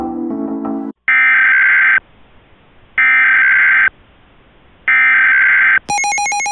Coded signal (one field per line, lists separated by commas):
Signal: Emergency Alert System (SAME) tones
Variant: header bursts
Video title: EAS Reenactment Mock: Strong storms of the Gulf